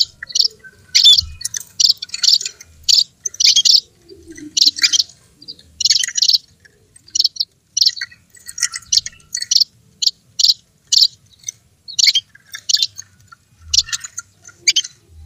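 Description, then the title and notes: Bird chirps: sharp, high twittering notes in short bursts, with a few dull low bumps. Compilation of bird calls used as a lure to attract wary birds that are hard to approach. "Suara Burung Bandel Yang Susah Mendekati. Kompilasi Suara Pikat Burung"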